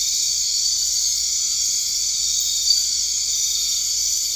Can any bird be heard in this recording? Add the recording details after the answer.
no. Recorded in dense forest near Puerto Asís, Putumayo, Colombia, on 21 March 2025 at 20:00. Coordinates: 0.485, -76.318. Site G056